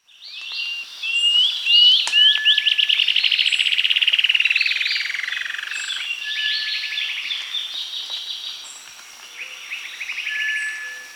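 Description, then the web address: Bluish-slate antshrike giving a descending, accelerating series of buzzy notes, followed by shorter rattled phrases and scattered sharp chips, with faint high background notes throughout. Recorded in Peru and Bolivia, Amazon region. "Natures Songs S America Birds of the Amazon 2. Bluish-slate Antshrike (Thamnomanes schistogynus), Peru, Bolivia"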